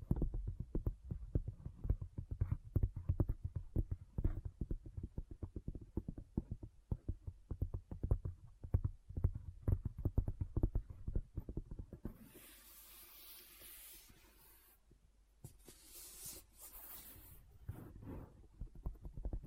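Items are handled inside a bag, with dense, quick tapping and knocking clicks for the first twelve seconds. After that the tapping stops and gives way to soft hissing rustles and rubbing, broken by a short quiet gap near fifteen seconds.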